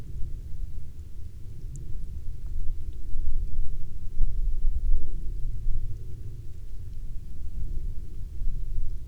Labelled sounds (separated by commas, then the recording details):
near silence
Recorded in the Prudhoe Bay oil fields, Alaska, on 12 May 2019 at 15:53
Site 21